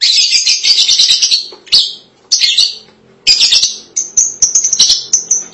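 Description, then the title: Lovebird chattering: long bursts of harsh rapid high chatter broken by short pauses, ending with a run of sharp single chirps. "BM Suara Burung Lovebird"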